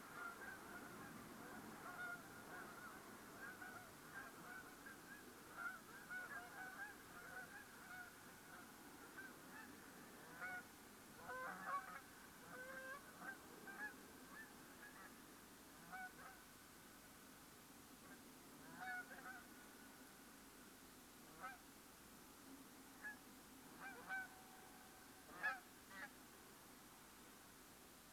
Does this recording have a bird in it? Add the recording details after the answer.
yes. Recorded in France